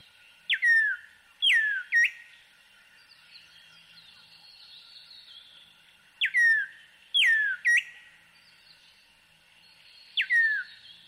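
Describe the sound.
African Emerald Cuckoo whistling short phrases of clear notes, mostly downslurred, repeated a few times.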